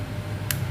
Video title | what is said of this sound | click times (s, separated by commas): Hướng Dẩn Thay Màn Hình Samsung S21FE Giá Chỉ 680K - Ai Củng Thay Được | it's correct. See? Press it and it makes a click, it's ok. | 0.5 s